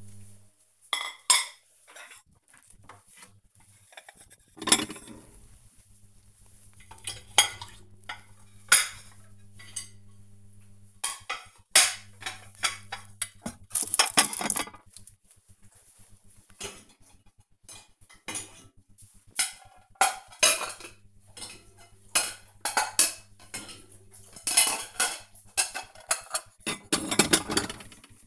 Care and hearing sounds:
household activities, microphone on the right wrist
0.00-28.26 s: cleaning out the dishwasher

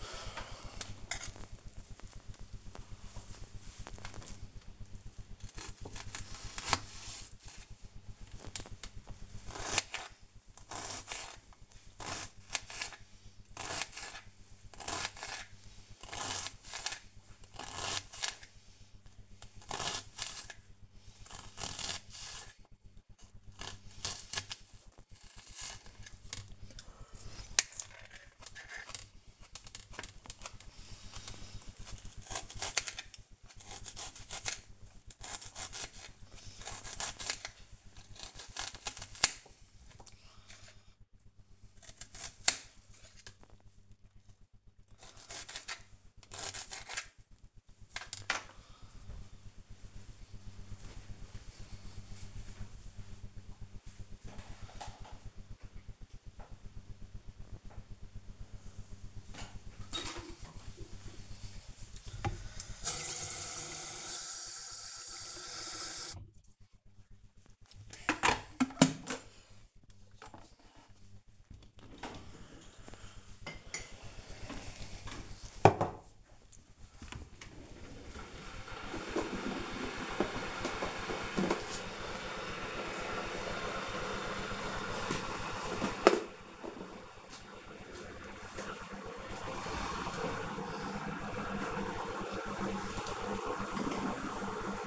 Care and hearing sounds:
household activities, microphone on the right wrist
3.33-48.60 s: cutting vegetables
59.65-94.87 s: making tea

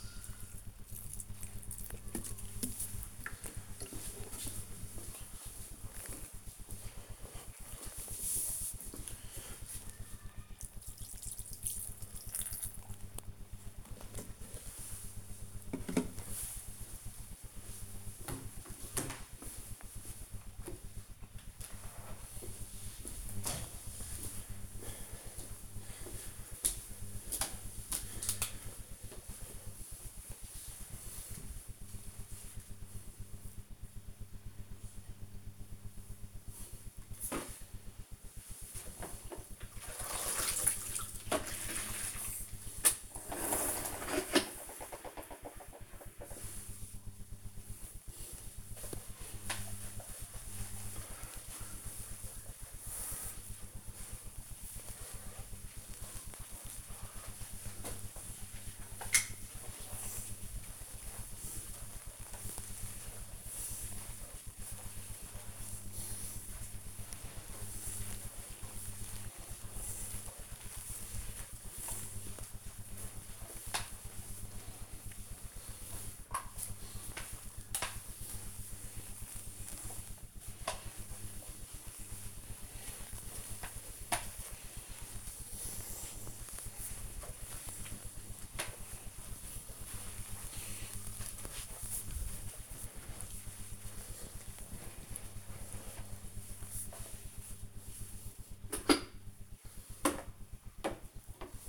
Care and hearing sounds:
household activities, microphone on the right wrist
0.00-13.39 s: watering plant
36.52-101.01 s: floor cleaning

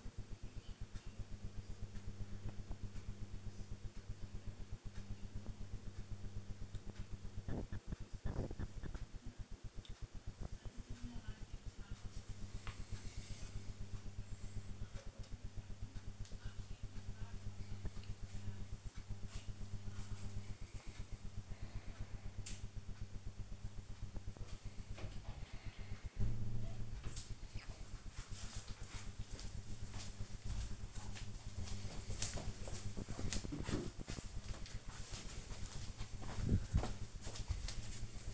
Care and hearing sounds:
household activities, microphone on the right wrist
none

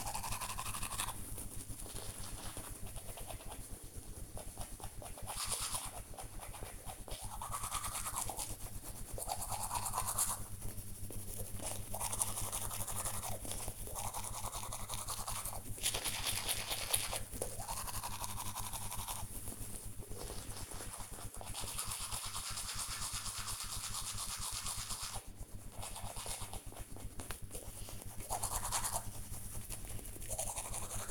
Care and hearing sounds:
household activities, microphone on the right wrist
0.00-31.11 s: brushing teeth

